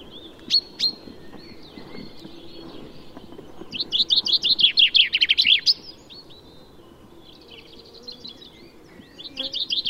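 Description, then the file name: Common chaffinch singing: a few sharp call notes at first, then a fast descending trill with a terminal flourish around four to six seconds, and another song starting near the end. "Fringilla coelebs"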